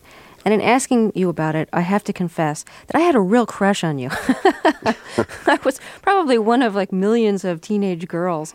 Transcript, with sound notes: And in asking you about it, I have to confess that I had a real crush on you. (laughter) I was probably one of, like, millions of teenage girls.